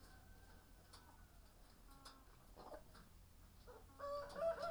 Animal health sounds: poultry house recording; sick chickens (respiratory disease)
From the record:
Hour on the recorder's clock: 10

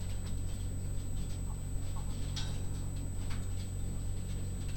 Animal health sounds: poultry house recording; healthy chickens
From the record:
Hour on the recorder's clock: 22

